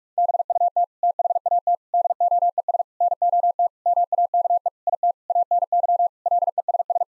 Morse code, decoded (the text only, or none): BUT THAT DOES NOT MAKE IT ANY LESS